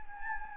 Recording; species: mosquito wingbeat signal from an infrared sensor; Anopheles gambiae